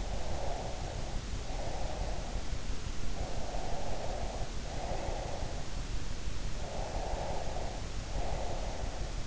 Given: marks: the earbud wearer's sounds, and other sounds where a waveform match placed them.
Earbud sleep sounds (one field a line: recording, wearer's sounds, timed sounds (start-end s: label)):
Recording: sounds in sleep by an in-ear microphone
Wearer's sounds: breath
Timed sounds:
0.00-2.29 s: breath
3.09-5.68 s: breath
6.65-9.20 s: breath